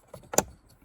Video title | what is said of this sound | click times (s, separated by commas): Suzuki SX4 Factory Fog / Driving Lights Retrofit | Snaps back in place. | 0.4 s